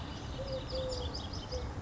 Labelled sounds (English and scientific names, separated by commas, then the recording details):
Eurasian Collared Dove (Streptopelia decaocto)
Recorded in Sonoma County, California